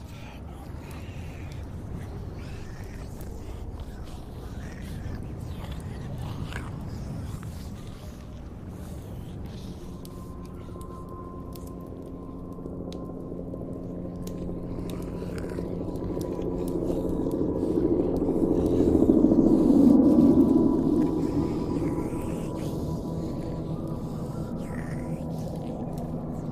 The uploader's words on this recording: Zombie apocalypse ASMR Ambience. Zombie eat/bite/moan.